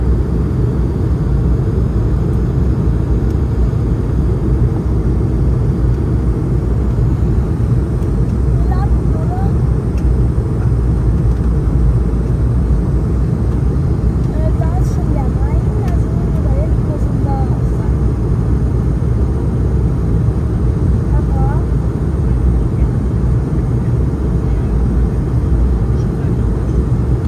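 Steady, dense low engine roar fills an airplane cabin throughout, with faint muffled voices surfacing around the middle and a few light clicks.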